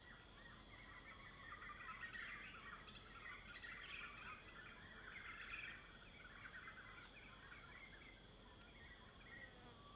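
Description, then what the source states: Small birds singing together, a dense mix of chirps and twittering phrases over a steady insect hum. Several small birds in forest at dusk.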